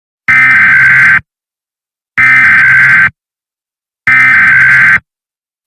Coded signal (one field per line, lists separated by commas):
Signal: Emergency Alert System (SAME) tones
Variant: header bursts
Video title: Emergency Alert System - ClawHawk